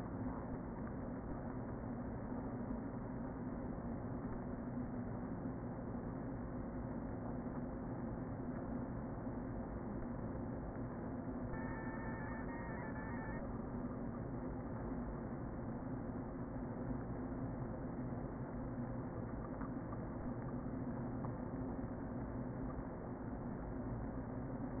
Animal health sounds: honeybee colony, microphone inside the hive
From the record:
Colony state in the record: queen present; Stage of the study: before two queens were removed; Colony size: about 60,000 bees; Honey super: yes

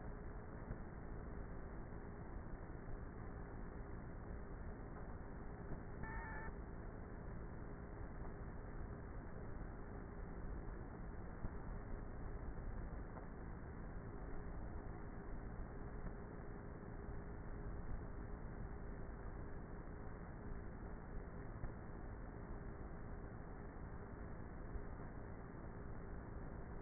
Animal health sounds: honeybee colony, microphone inside the hive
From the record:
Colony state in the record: queenless with a low population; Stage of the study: before two queens were removed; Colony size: about 30,000 bees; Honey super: no

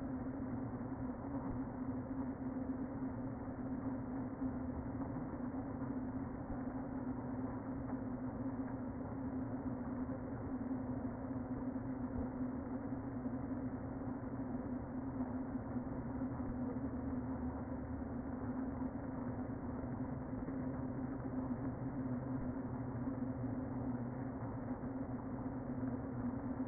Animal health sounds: honeybee colony, microphone inside the hive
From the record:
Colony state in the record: queen present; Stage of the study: before two queens were removed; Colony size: about 60,000 bees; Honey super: yes

